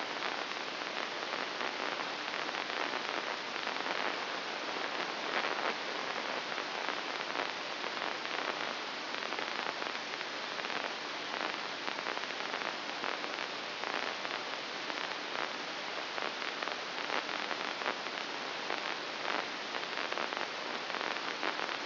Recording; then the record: brain microelectrode recording played as sound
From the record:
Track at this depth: inside the subthalamic nucleus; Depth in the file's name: 2.604 mm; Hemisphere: right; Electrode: 2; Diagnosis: Parkinson's disease